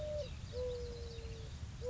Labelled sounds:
Mourning Dove
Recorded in Sonoma County, California

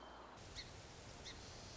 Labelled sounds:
Song Sparrow
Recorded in Sonoma County, California

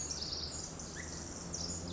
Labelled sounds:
Pacific Wren
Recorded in Sonoma County, California

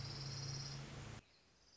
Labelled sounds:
Orange-crowned Warbler
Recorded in Sonoma County, California

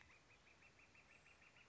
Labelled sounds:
Northern Flicker
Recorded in Sonoma County, California

